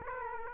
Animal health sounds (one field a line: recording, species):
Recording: mosquito wingbeat signal from an infrared sensor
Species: Aedes aegypti